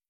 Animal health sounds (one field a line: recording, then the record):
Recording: hydrophone in a shrimp aquaculture tank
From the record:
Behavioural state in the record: stressed